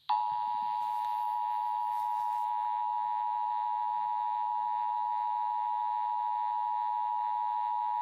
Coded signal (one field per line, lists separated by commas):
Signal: Emergency Alert System (SAME) tones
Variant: 853 and 960 Hz attention tone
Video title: EAS: Kizuna AI